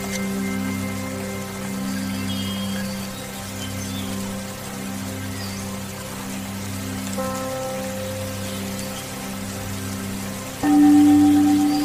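Meditation music plays over soothing rain sounds, with soft sustained low tones that swell and fade in slow waves of a few seconds each. The rain is a steady, dense patter throughout. Near the eleventh second a new held tone enters and the sound grows louder.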